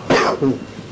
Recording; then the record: coughing mixed with background sound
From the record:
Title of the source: Coughing 77